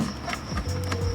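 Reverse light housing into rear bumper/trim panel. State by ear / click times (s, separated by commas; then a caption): not seated / none. A reverse light housing is being refitted into the rear bumper trim panel of a 1999–2008 Jaguar S-Type after its LED has been installed, with one side going in first before it is pushed home. Brief handling knocks are heard at about 0.6 and 0.9 seconds over a steady low hum. Nothing has seated or clicked yet.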